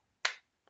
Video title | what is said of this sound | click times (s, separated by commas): Sons of Trier: Law and Order | snap right there you hear that | 0.2 s